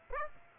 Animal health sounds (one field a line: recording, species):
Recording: mosquito wingbeat signal from an infrared sensor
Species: Aedes aegypti